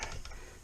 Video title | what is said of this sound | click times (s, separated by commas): How to DIY 30 amp RV camper outlet installation tt-30r | Snaps all the way in. | 0.0 s, 0.2 s